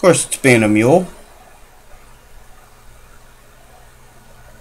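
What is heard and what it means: A small steel component is being lined up to go into a mechanical watch movement, resisting alignment as it's handled. Someone talks during the first second, then only faint, low handling noise follows. Nothing has seated or clicked yet.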